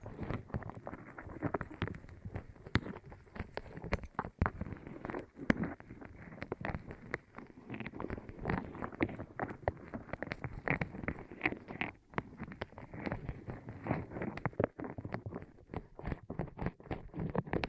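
ASMR rolling over the microphone ears: a dense, continuous rumbling and scraping with frequent crackling clicks, mostly low and muffled throughout.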